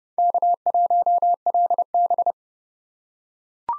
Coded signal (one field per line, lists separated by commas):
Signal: Morse code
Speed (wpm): 30 wpm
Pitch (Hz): 700 Hz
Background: none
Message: K1LB